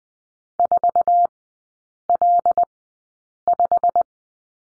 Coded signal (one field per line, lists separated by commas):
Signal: Morse code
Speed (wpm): 20 wpm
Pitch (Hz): 700 Hz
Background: none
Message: 4L5